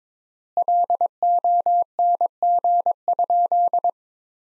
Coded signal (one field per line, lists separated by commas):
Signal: Morse code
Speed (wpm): 22 wpm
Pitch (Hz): 700 Hz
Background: none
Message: LONG?